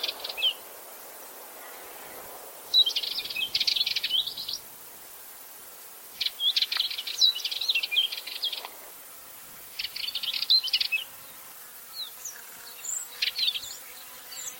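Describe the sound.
Bird chattering in several bursts of fast, high chirps, with thinner scattered high notes toward the end.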